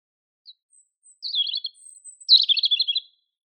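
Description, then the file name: European robin song: a faint thin whistle, two short trilled bursts of high twittering notes separated by a brief gap, with a very high thin tone between them. "Erithacus rubecula"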